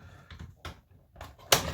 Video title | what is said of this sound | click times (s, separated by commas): Stampede Modifikation Teil3 | ist voll eingerastet. | 1.5 s